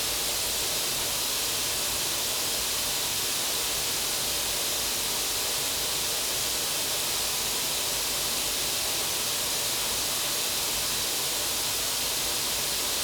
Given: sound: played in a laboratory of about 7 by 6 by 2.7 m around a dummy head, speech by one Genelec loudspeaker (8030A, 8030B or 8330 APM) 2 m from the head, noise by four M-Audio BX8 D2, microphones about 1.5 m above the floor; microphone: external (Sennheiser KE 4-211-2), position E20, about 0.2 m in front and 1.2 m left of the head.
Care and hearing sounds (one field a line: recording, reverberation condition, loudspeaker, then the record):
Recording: white noise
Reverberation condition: medium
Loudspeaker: four, about 170 cm from the corners of the room and facing them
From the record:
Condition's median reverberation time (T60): about 510 ms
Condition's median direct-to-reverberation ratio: about -0.5 dB